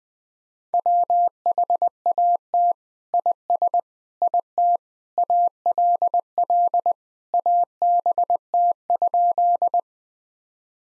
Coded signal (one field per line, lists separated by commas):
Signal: Morse code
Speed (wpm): 20 wpm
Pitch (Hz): 700 Hz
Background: none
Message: WHAT IS IT ALL ABT?